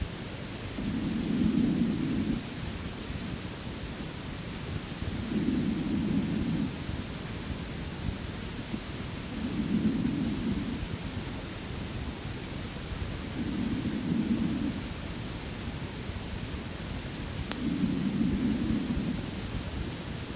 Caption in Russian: Слева, ниже угла лопатки, определяется резкое ослабление дыхания.